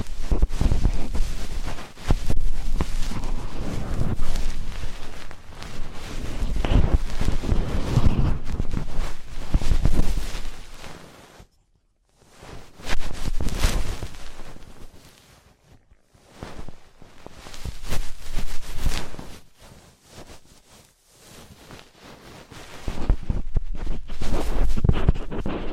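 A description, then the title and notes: Ear cleaning, with dense scratching and rustling that fills the first ten seconds, then stops briefly near eleven seconds. Bursts of scraping and brushing return in separate spells, each cut by short gaps of near silence. Occasional soft thuds and handling bumps sit underneath. ASMR Traditional Chinese Ear Cleaning and Earwax Removal (No Talking).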